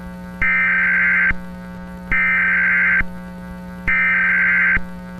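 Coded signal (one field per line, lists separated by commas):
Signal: Emergency Alert System (SAME) tones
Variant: header bursts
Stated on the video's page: Fictional EAS scenario about a chemical release shelter-in-place during extreme heat; not a real alert.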